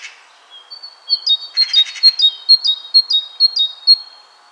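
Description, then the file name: Great tit calling in quick two-note pairs, high then lower, repeated steadily; a brief rustling noise sounds early on. "Parus major"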